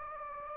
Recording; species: mosquito wingbeat signal from an infrared sensor; Anopheles gambiae